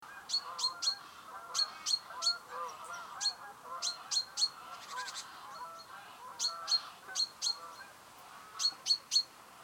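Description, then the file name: Great tit calls: bright, clipped notes in quick groups of two or three, separated by irregular pauses, over steady background noise. "Parus major"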